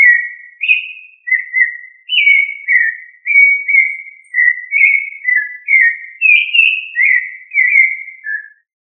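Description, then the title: Thrush delivering a flowing sequence of short whistled phrases, varied in pitch and shape, ending in quiet after the last note. "Familia Turdidae - Sabia"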